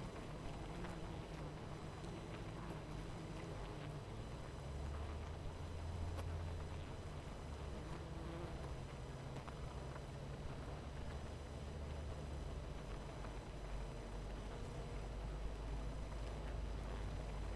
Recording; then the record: honeybee colony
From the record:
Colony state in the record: missing queen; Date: 14 July 2017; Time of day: 18:27